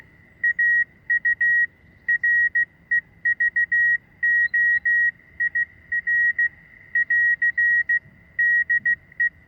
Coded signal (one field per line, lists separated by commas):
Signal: Morse code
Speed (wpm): 15 wpm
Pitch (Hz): 1900 Hz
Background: none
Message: AU REVOIR <AR> DE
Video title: Ten Pieces of Radio Prepping Advice.